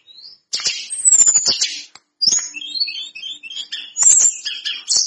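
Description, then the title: Lesser Shortwing singing a fast, high-pitched, jumbled warble of squeaky notes and twitters, broken by one brief pause, with sharp clicking sounds mixed in. Singing actively (gacor). "Burung Tledekan Gacor"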